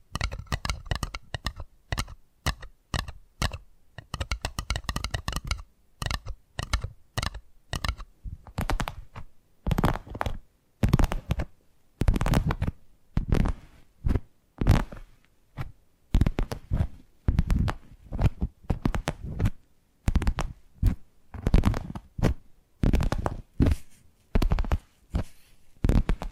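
Tapping sounds in quick, crisp clusters, very fast and even for the first nine seconds. After that the taps come in looser bursts with short pauses, some thuddier and fuller, some bright and clicky, shifting in texture from one group to the next.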